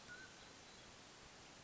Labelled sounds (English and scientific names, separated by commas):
Mountain Quail (Oreortyx pictus)